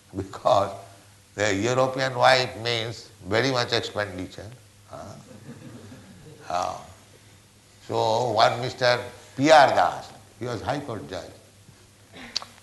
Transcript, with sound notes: Because a European wife means very much expenditure. [laughter] So one Mr. P. R. Das, he was high-court judge,